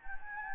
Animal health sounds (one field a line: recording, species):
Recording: mosquito wingbeat signal from an infrared sensor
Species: Anopheles gambiae